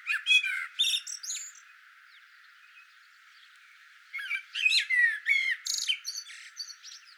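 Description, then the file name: Common blackbird song: a short twittering phrase with fluted whistles, then a pause. A longer phrase follows, with mellow descending whistles and high squeaky trills. "Turdus merula"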